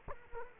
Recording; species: mosquito wingbeat signal from an infrared sensor; Culex quinquefasciatus